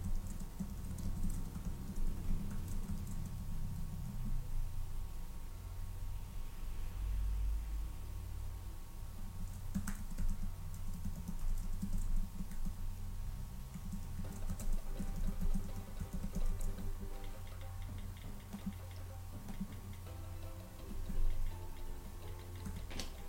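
Soft, irregular clicking of keys being typed on a computer keyboard, continuing in uneven bursts over a low steady hum, with no one speaking.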